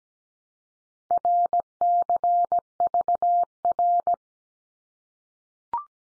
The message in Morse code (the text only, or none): RCVR